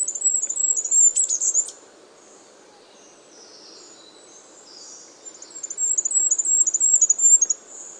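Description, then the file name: Goldcrest singing two very high-pitched phrases of fast, thin, repeated notes, the first closing with a brief twittering flourish, separated by a quiet pause. "Regolo"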